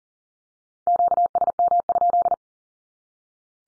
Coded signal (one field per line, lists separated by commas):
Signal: Morse code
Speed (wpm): 40 wpm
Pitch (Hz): 700 Hz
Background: none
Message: QSM?